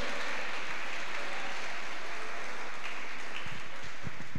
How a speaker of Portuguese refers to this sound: Aleluia, aleluia, aplaude e glorifica o Senhor, aleluia.